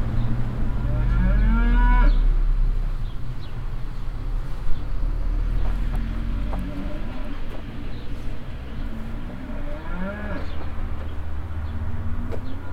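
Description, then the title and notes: Cow mooing: several long, harmonic-rich moos over a steady low rumble. Farmstead near a willow, Heiderscheid; one cow moos constantly and loudly behind a bush while other cows answer more quietly; cars pass on a nearby street. "Heiderscheid - farmstead cow. At a farmstead nearby a willow. A constantly loud mooing cow and moves behind a bush. Other cows answer more silently"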